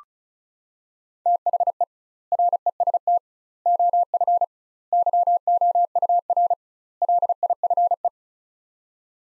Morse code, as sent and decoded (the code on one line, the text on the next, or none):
- .... . / .-. . ... - / --- ..-. / -.-- --- ..- .-. / .-.. .. ..-. .
THE REST OF YOUR LIFE